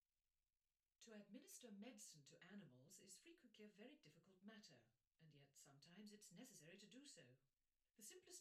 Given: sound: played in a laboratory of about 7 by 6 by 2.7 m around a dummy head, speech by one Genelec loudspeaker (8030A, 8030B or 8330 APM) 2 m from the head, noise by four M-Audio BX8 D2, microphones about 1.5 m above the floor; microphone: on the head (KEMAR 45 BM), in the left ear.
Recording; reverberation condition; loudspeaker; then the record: female speech in English; low; 30 degrees to the right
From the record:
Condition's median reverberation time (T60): about 310 ms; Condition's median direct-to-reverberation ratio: about 3.5 dB